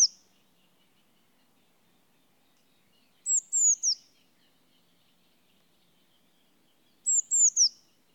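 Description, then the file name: Eurasian blue tit repeating short bursts of three high, downward-slurred notes, spaced about four seconds apart, with quiet background between them. "Cyanistes caeruleus"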